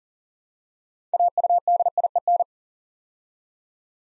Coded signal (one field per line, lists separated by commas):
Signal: Morse code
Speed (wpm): 38 wpm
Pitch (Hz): 700 Hz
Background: none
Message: AUDIEN